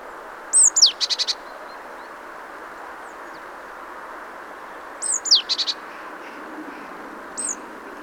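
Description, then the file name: Great tit calls: two high whistled downward slurs, each followed by a rapid buzz, with a faint extra whistle near the end. "Parus major"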